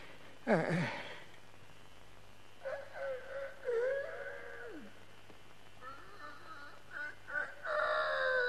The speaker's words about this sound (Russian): Ой. Что за петух об эту пору?